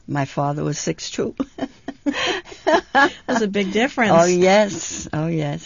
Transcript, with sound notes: My father was six-two. ( they laugh )
That's a big difference.
Oh, yes. Oh, yes.